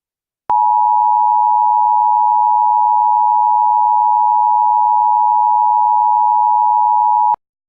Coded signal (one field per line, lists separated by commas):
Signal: Emergency Alert System (SAME) tones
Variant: 853 and 960 Hz attention tone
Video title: EAS Scenario: Ghost Trains Part 3